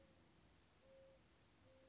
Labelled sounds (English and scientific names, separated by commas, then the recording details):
Mourning Dove (Zenaida macroura)
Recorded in Sonoma County, California